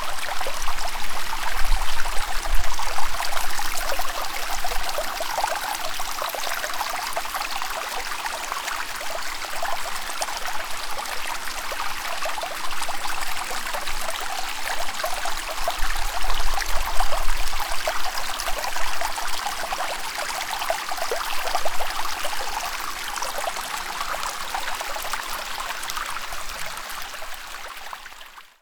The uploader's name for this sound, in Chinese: 泉水的声音希腊萨莫斯色斯岛（Gria Vathra Waterfalls）